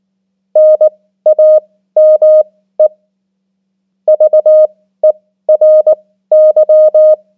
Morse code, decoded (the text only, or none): NAME VERY